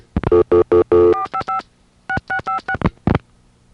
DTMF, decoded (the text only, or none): 455 6656